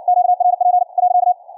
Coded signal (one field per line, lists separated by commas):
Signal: Morse code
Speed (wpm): 60 wpm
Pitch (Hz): 720 Hz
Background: none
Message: QRP .